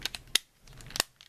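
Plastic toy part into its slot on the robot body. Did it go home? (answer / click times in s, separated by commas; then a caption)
yes / 0.4 s, 1.0 s. Two plastic parts of a transforming toy robot are pushed into their slots on the robot body while converting it to airplane mode. Each snaps in with a sharp click, at 0.4 s and 1.0 s, among fainter handling ticks. Both parts are seated.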